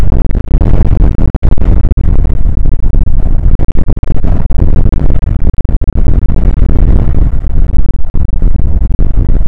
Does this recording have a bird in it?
no